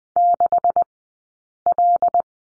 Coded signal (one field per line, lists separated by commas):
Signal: Morse code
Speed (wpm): 20 wpm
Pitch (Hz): 700 Hz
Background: none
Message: 6L